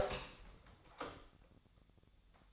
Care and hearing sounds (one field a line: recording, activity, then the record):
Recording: daily activity, microphone in the room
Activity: open door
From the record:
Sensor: 3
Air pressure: 1007.1 hPa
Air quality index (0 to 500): 204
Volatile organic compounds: 18 ppm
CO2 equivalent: 2618 ppm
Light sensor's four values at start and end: 12/27/11/11 and 12/27/11/11